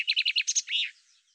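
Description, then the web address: Common chaffinch song fragment: a few quick repeated chirpy notes, then two higher notes and a slurred closing flourish, all within about one second. "Deverinetal 2025 File cleaned normalized Bird Fr Co"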